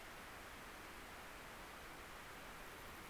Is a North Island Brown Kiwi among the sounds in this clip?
no